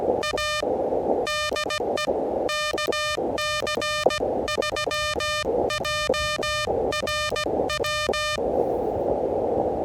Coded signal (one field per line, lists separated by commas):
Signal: Morse code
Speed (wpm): 17 wpm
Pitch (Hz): 1210 Hz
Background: music, radio noise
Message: A DE KC3JRW